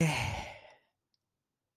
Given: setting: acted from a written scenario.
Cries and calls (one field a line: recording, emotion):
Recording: vocal sound without words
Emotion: pride